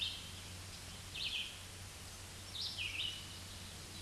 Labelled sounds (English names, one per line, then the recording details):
Red-eyed Vireo song
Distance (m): 15 m
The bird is about 10 m above the microphone
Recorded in a Pennsylvania forest on 16 May 2024 at 08:19
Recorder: AudioMoth, point MSD-2201
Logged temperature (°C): 15.5 °C
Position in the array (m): 159 m, 66 m